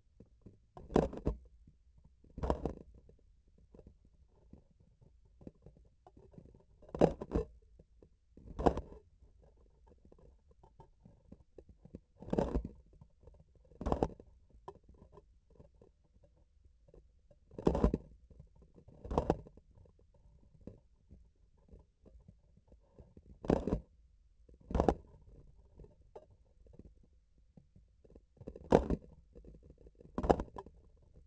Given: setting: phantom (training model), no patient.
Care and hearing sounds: laparoscopic instrument, vibration sensor on the handle end; grasping forceps; opening and closing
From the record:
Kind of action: tool actuation without material contact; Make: other than Olympus

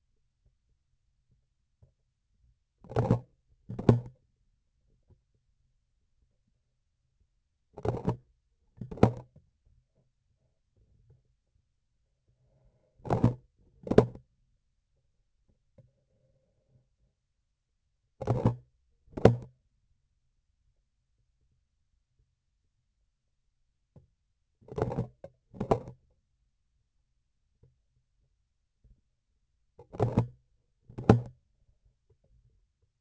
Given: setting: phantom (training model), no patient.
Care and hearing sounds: laparoscopic instrument, vibration sensor on the handle end; grasping forceps; opening and closing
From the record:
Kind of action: tool actuation without material contact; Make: other than Olympus

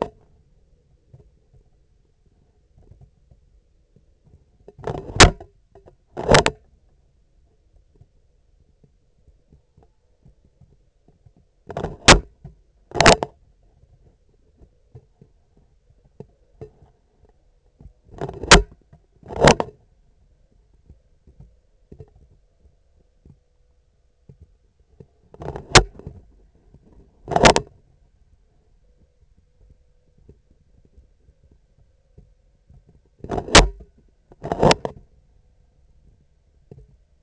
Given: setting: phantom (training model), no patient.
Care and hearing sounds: laparoscopic instrument, vibration sensor on the handle end; scissors; opening and closing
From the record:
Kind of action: tool actuation without material contact

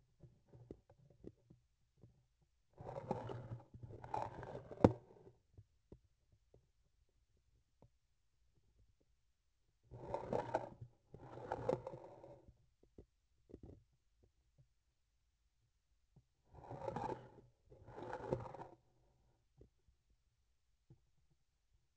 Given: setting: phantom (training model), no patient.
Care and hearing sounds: laparoscopic instrument, vibration sensor on the handle end; grasping forceps; approaching and retracting movements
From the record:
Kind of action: spatial motion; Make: other than Olympus

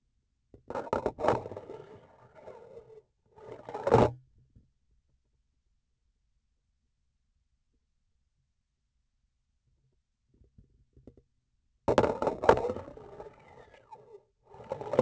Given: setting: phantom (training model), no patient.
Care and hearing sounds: laparoscopic instrument, vibration sensor on the handle end; grasping forceps; insertion and removal through the trocar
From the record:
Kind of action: spatial motion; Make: other than Olympus

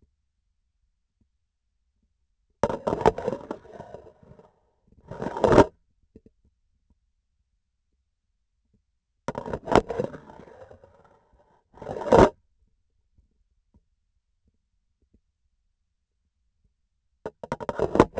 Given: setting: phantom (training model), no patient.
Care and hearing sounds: laparoscopic instrument, vibration sensor on the handle end; grasping forceps; insertion and removal through the trocar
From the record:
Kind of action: spatial motion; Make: other than Olympus

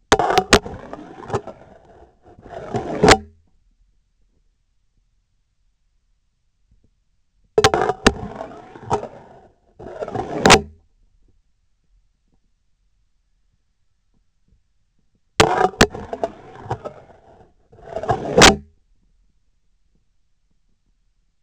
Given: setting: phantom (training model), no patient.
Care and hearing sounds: laparoscopic instrument, vibration sensor on the handle end; scissors; insertion and removal through the trocar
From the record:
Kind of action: spatial motion

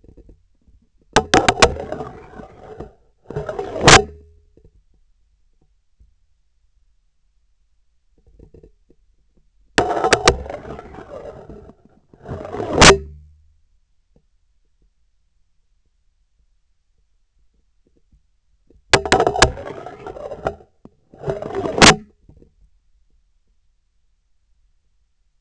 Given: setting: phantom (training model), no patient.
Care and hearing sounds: laparoscopic instrument, vibration sensor on the handle end; scissors; insertion and removal through the trocar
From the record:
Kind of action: spatial motion

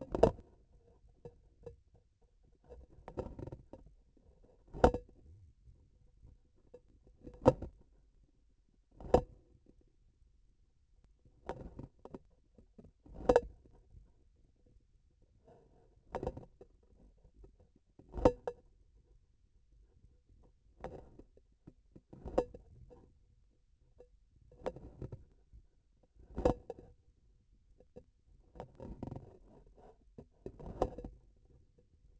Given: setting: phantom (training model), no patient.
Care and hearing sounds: laparoscopic instrument, vibration sensor on the handle end; grasping forceps; opening and closing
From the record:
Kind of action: tool actuation without material contact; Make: Olympus

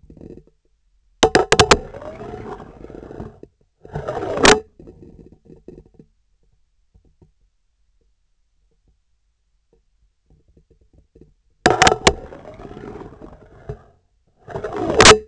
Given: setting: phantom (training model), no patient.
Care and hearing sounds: laparoscopic instrument, vibration sensor on the handle end; scissors; insertion and removal through the trocar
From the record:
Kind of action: spatial motion

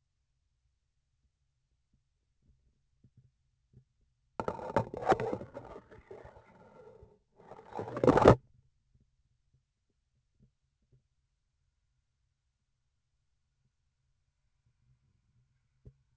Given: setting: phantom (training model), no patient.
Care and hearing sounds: laparoscopic instrument, vibration sensor on the handle end; grasping forceps; insertion and removal through the trocar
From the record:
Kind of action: spatial motion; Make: other than Olympus

